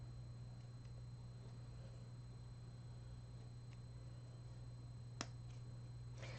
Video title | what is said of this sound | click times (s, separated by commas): Twitch! 3D Night Light Puzzle | Oh, that one just snapped right in right there. | 5.2 s